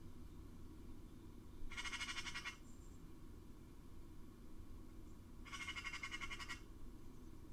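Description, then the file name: Eurasian magpie giving two harsh, rapid rattling chatters, each about a second long and a few seconds apart, against a constant low background rumble. "Pica pica"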